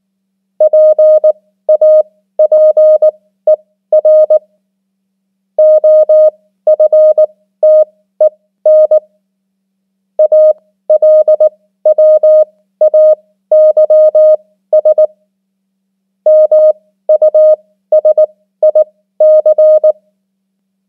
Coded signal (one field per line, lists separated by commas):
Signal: Morse code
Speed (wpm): 19 wpm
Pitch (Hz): 620 Hz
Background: none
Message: PAPER OFTEN ALWAYS MUSIC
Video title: 500 most common English words in Morse Code @18wpm